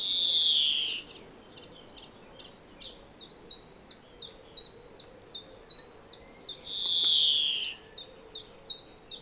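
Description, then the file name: European greenfinch opens with a loud buzzy wheeze, then steady twittering chirps and a second long wheeze before the chirps resume. "Chloris chloris"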